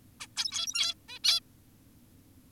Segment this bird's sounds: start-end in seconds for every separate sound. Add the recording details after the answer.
0.20-0.27, 0.37-0.94, 1.09-1.19, 1.24-1.40. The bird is an adult. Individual g17y2U